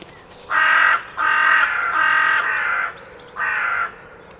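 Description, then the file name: Carrion crow uttering four drawn-out, harsh caws with small gaps between them. "Corvus corone"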